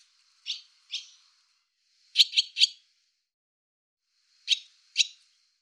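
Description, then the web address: Barn swallow giving sharp, clipped chirps in pairs and a quick triplet, separated by silent gaps of one to two seconds. "cianscape birddata Deverinetal 2025"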